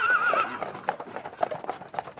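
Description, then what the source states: Draft horse whinny, a wavering high neigh at the start, followed by several clopping hoofbeats. Draft horses let off the ferry on reaching Mackinac Island, Michigan, restless and ready to go; spring, April 2015, after wintering on the Upper Peninsula; 13 horses on this load.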